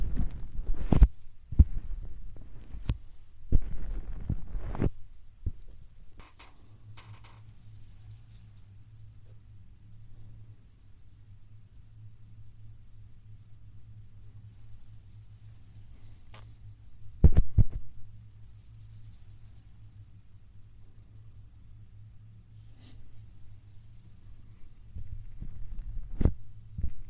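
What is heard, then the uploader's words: Puffs come as sharp bursts of air, clustered in the first five seconds, then singly around 17 seconds and again near 23 and 26 seconds. Between them a low, steady hum holds from about 6 seconds onward. Some bursts thump, others hiss brighter. 말없이 3가지의 퍼프로 귀를 토닥토닥 해드려요 puff sound.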